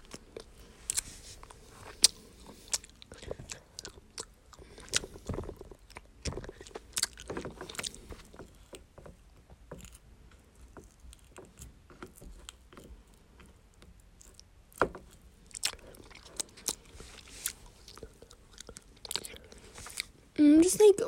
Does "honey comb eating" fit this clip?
yes